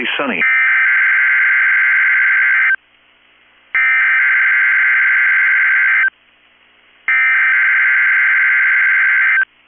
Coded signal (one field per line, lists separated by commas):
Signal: Emergency Alert System (SAME) tones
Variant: header bursts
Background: speech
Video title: 9/20/23 - KEC65 Required Weekly Test (EAS #879)